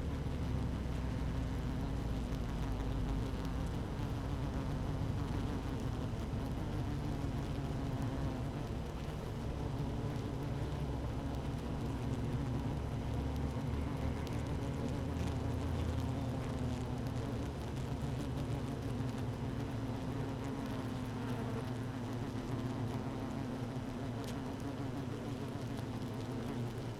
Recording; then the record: honeybee colony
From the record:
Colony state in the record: active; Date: 12 June 2018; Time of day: 15:22